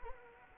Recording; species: mosquito wingbeat signal from an infrared sensor; Anopheles arabiensis